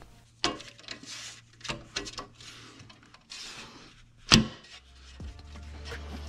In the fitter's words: because it puts off a certain sound when it snaps into place listen for this sound